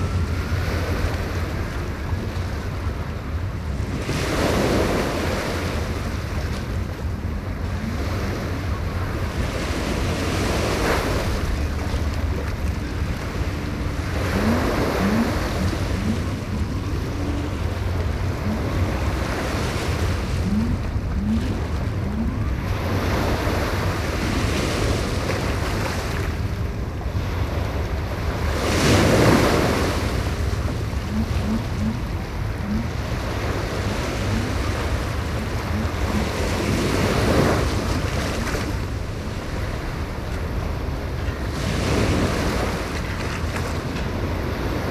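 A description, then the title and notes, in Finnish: Ocean waves wash against the shore around Manhattan in a steady, dense roar that barely rises or falls. Brighter surges of spray break through every few seconds, strongest near 29 seconds, over a low rumble of wind or a passing boat. Binauraalisessa kollaasissa kuunnellaan Manhattania ympäröivien vesien ja Atlantin aaltoja. Äänimatka New Yorkin rannoilla.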